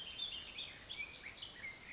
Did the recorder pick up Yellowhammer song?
no